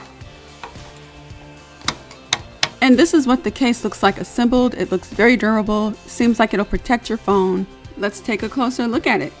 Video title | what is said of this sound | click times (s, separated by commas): Best cases for the Samsung Galaxy S9 | clip turns around you can hear it click | 1.9 s, 2.3 s, 2.6 s